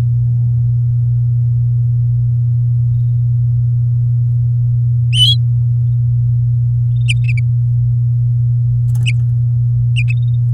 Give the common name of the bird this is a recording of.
Domestic Canary